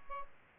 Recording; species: mosquito wingbeat signal from an infrared sensor; Aedes albopictus